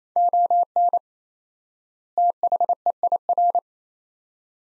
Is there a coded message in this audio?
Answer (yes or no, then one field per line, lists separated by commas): yes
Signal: Morse code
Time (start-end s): 0.2-3.6 s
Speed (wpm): 27 wpm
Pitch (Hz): 700 Hz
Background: none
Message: ON THEIR